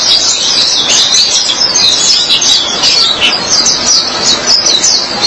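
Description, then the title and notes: White-eye song, a fast, continuous high-pitched twitter with quick rising and falling notes, over faint hiss. Chirping song. "Suara kicauan burung pleci"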